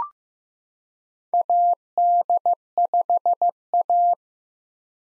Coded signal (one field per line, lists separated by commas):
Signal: Morse code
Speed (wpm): 15 wpm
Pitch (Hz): 700 Hz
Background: none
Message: AD5A